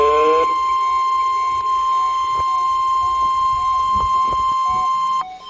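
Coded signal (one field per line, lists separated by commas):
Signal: Emergency Alert System (SAME) tones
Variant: 1050 Hz attention tone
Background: speech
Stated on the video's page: Compilation of real severe weather outbreak alerts from the National Weather Service.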